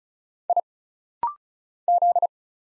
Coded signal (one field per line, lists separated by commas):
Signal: Morse code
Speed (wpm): 36 wpm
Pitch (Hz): 700 Hz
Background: none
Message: I Z